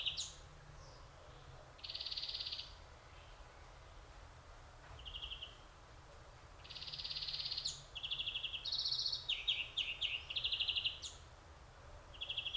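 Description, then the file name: European greenfinch trills in separate bursts with pauses, then a busier run of quick pulsed phrases toward the end over a soft background hiss. "Chloris chloris"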